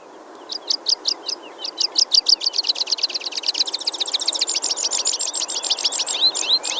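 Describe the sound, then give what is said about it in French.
A pipit, a small passerine bird, sings a series of high, clipped notes that start as separated chirps and speed up into a dense, buzzy trill, growing steadily louder over a soft hiss of background noise. “Le chant que vous venez d'entendre est celui du pipi.”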